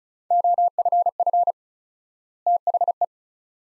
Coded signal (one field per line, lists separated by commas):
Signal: Morse code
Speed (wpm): 36 wpm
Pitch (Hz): 700 Hz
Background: none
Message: OFF THE